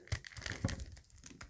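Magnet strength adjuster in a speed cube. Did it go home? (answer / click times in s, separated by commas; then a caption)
no / none. A plastic magnet-strength adjuster on a GAN XS speed cube is pressed down by hand, giving short crinkling handling noises with brief sharp ticks. Nothing has seated or clicked into place yet.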